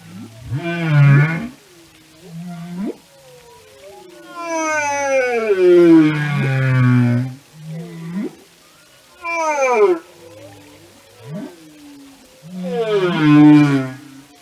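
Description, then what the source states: Whale song mixing deep groans with long descending harmonic sweeps and short rising upsweeps, phrases of varied length. Whale songs and communication.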